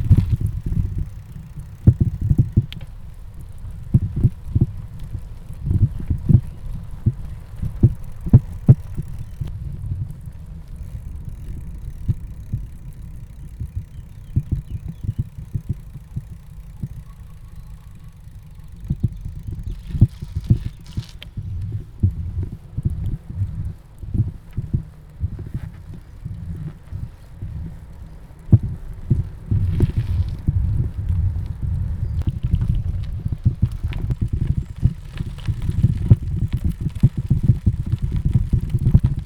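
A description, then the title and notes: Cycling downhill, with a heavy low rumble and buffeting that fills the whole clip, thick with rapid thumps and jolts. The rumble eases a little around the middle, then grows rougher and denser toward the end, with faint rattles and ticks above it. Bike. Cycling down hill to the river’s weir.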